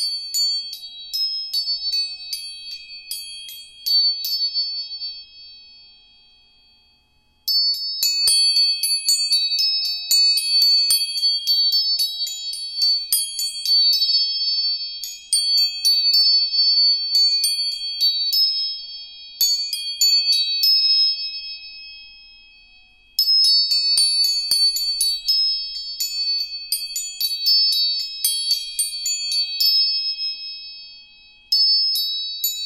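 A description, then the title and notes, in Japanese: Tuning forks are struck again and again, each tap a small click followed by clear, high, bell-like ringing that layers several pitches. Clusters of strikes come in bursts at roughly 0, 8, 15, 20, 23 and 31 seconds, with the ringing fading slowly between them. 音叉チューニング全体性。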